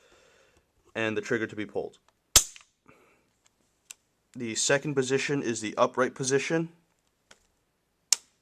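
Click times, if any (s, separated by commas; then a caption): 8.1 s. Someone talks while rotating the steel wing safety lever on the bolt shroud of a German Mauser Kar98k bolt-action rifle to its upright middle position, where the bolt can be cycled but the trigger cannot be pulled. A loud sharp snap is heard at 2.4 s, with faint small ticks after it. The lever detents into place with a sharp click at 8.1 s.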